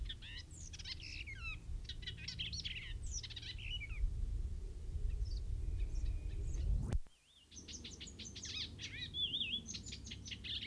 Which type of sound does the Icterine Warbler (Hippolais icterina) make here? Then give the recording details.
song. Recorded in the wild. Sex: male. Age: adult. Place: Walsrode, Lüneburger Heide, Niedersachsen, DE. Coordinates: 52.8667, 9.58333. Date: 1970-05-24. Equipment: Uher 4000 Report-S, Bändchenmikro Beyer M 260, Parabolspiegel Polyester (470 mm). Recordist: Conrads, Klaus